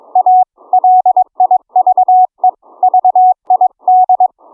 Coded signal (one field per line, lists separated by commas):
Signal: Morse code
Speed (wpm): 22 wpm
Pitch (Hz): 740 Hz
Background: none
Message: A LIVE VID